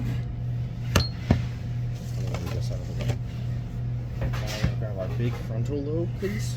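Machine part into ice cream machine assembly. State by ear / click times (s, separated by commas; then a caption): seated / 1.0 s. A fitted part of an ice cream machine is pushed in by hand until it snaps into place, with a sharp click at 1.0 s followed by a softer knock at 1.3 s. A steady low hum runs underneath, music plays, and someone talks. The part is seated.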